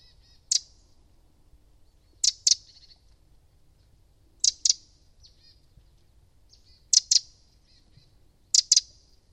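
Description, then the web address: Bird chirps: sharp, very high notes, often in quick pairs, repeated about every two seconds, with faint softer twitters in between. "Deverinetal 2025 File origin Bird Only"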